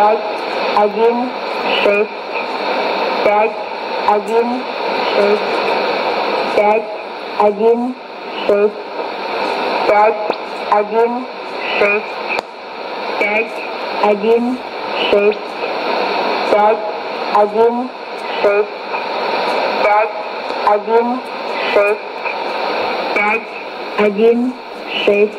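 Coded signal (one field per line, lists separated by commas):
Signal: numbers station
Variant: S06s, Russian female voice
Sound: short spoken words at a steady pace, about one per second, through hiss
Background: radio static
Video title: 24 11 2017 Numbers station S06s Russian Lady in Russian to Eu 0930 on 11780 unknown tx site in CUSB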